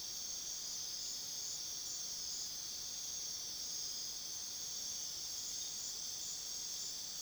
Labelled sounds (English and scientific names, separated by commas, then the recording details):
none
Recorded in pastures near Puerto Asís, Putumayo, Colombia, on 21 February 2024 at 01:30
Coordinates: 0.497, -76.327
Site G7276